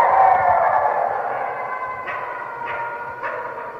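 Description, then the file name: Red wolf howl, a sustained tone slowly fading, broken by three short sharp yips toward the end. "Red Wolf Howling"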